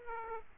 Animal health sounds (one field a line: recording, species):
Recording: mosquito wingbeat signal from an infrared sensor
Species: Aedes aegypti